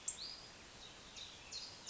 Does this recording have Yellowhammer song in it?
no